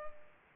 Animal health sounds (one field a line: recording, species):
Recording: mosquito wingbeat signal from an infrared sensor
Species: Culex pipiens